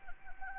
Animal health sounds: mosquito wingbeat signal from an infrared sensor; Anopheles arabiensis

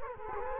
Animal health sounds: mosquito wingbeat signal from an infrared sensor; Culex quinquefasciatus

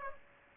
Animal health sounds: mosquito wingbeat signal from an infrared sensor; Aedes aegypti

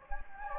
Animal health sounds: mosquito wingbeat signal from an infrared sensor; Anopheles gambiae

